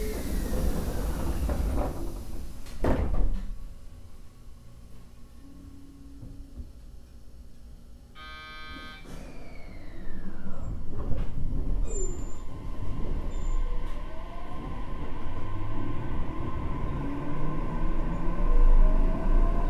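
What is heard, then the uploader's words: Running noise inside an electric train: a deep, steady rumble with a thump near three seconds and a brief rapid rattling just before nine. The rumble eases in the middle, then grows louder again as a thin motor whine rises and holds. JR九州 817系 福北ゆたか線 吉塚から篠栗まで. It is a running sound of JR Kyushu 817 series trains. I recorded it on the local train of Fukutoku Yutaka Line (Chikuho Line). The section is from Yoshizuka to sasaguri.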